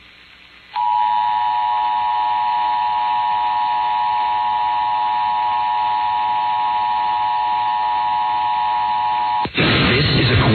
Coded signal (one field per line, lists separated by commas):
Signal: Emergency Alert System (SAME) tones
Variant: 853 and 960 Hz attention tone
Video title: WLTW (106.7 Lite FM) EAS Test New York, NY May 7, 2025